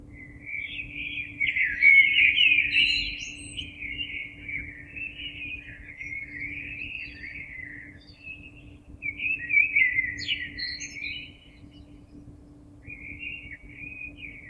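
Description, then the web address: Common blackbird giving warbled phrases, louder at times and softer in between, with a faint steady low hum throughout. Recorded 26 April 2022. "oiseaux Merle 2022 04 26"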